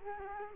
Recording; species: mosquito wingbeat signal from an infrared sensor; Culex quinquefasciatus